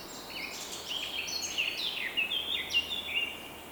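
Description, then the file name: Bird song as a continuous rush of rapid, sliding chirps and short trills over faint hiss. Morning bird song. "Deep Sleep Sleep Sound Library Body HI - Morning Bird Song"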